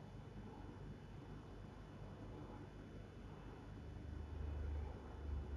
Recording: background sound without coughing